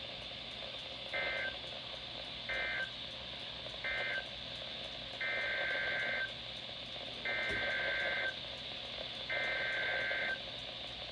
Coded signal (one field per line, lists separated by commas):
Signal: Emergency Alert System (SAME) tones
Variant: header bursts